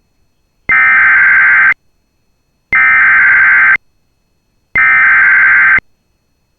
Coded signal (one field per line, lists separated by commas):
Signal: Emergency Alert System (SAME) tones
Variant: header bursts